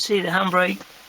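Someone talks about the handbrake lever ratchet in the center console of a classic Toyota Celica, just after the rear brakes have been adjusted. The lever is being handled, but it has not yet been pulled up and nothing has clicked or locked.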